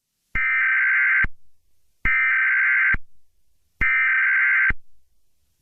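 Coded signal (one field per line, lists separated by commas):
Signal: Emergency Alert System (SAME) tones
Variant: header bursts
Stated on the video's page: Fictional EAS scenario depicting a test.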